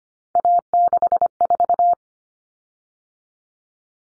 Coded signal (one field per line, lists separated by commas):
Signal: Morse code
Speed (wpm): 25 wpm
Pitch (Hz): 700 Hz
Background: none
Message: A64